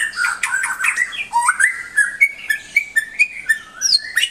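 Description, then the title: White-rumped shama song of short whistled notes and buzzy chatters, settling into evenly spaced clear whistles. Vigorous (gacor) master song, meant for training a newly acquired shama to build its toughness. "mster Mnuk. Suara Murai Batu Gacor Master untuk Melatih Ketangguhan Murai Baru Milik Anda"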